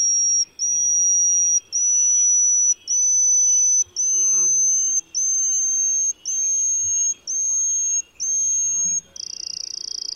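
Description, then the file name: Yellowish-bellied bush warbler song: a series of about nine thin, high, drawn-out whistles, each about a second long, stepping gradually higher, with a faint quiet background. "深山鶯"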